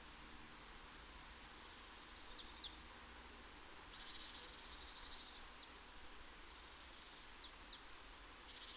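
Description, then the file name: Great tit calls: six sharp, high, thin notes spread throughout, mixed with short buzzy churrs and quick flicks at lower pitch. "Parus major"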